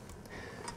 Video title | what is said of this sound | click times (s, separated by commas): CTS 3000 Camera Tuning | you'll hear it snap | 0.7 s